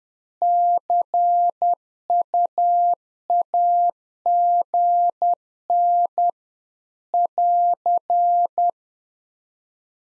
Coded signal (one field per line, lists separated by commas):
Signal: Morse code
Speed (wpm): 10 wpm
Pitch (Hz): 700 Hz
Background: none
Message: CUAGN <AR>